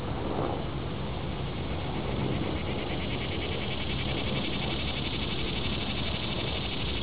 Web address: cicada chloromera